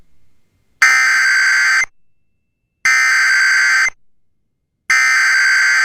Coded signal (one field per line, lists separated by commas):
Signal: Emergency Alert System (SAME) tones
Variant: header bursts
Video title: 8/30/20 EAS Alerts Compilation(EAS 78-92)